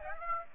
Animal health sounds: mosquito wingbeat signal from an infrared sensor; Aedes aegypti

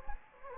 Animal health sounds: mosquito wingbeat signal from an infrared sensor; Anopheles gambiae

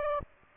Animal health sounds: mosquito wingbeat signal from an infrared sensor; Aedes aegypti

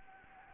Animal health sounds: mosquito wingbeat signal from an infrared sensor; Anopheles gambiae

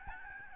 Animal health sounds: mosquito wingbeat signal from an infrared sensor; Aedes albopictus

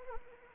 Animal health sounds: mosquito wingbeat signal from an infrared sensor; Anopheles arabiensis

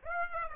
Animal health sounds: mosquito wingbeat signal from an infrared sensor; Aedes aegypti

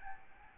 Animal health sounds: mosquito wingbeat signal from an infrared sensor; Aedes albopictus

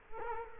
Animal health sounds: mosquito wingbeat signal from an infrared sensor; Culex quinquefasciatus

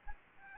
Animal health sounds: mosquito wingbeat signal from an infrared sensor; Aedes albopictus

